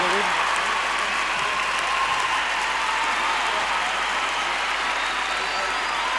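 An audience applauds steadily, a dense, sustained wash of many hands clapping that holds at an even, fairly loud level for the whole stretch without fading.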